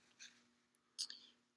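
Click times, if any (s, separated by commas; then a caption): 1.0 s, 1.1 s. The top cap of a Smok TFV4 vape tank, just filled with e-liquid, is pressed closed and clicks into place with two quiet clicks at 1.0 and 1.1 seconds, after a soft brief rustle near 0.2 seconds. A faint steady low hum runs underneath throughout, and the cap ends up seated.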